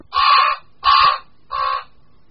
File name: Krkavec-velký